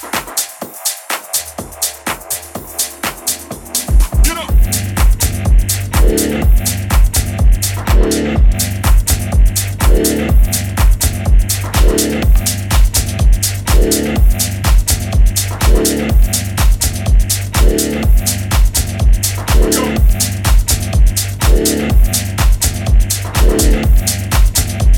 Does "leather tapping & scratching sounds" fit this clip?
no